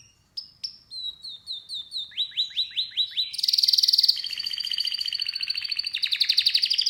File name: Canary Singing